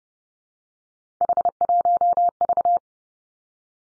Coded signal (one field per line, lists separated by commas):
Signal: Morse code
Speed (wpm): 32 wpm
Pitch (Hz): 700 Hz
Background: none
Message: H1V